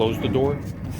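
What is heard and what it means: The plastic cabin air filter access door behind the glove box of a Chevrolet Sonic is being handled and pressed toward the HVAC housing while someone talks over faint music. Nothing has seated or clicked yet.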